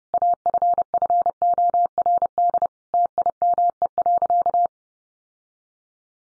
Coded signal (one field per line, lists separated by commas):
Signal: Morse code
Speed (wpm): 30 wpm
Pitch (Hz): 700 Hz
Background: none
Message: AFFORD TIME.